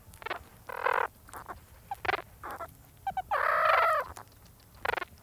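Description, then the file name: Meerkat chattering calls, short harsh bursts and a longer nasal churring note with rising and falling tones, repeated irregularly with brief pauses between. Meerkat pups calling to one another while eating a scorpion. "meerkat pups chatting as they eat a scorpion"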